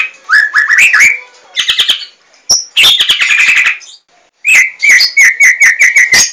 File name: murai batu larwo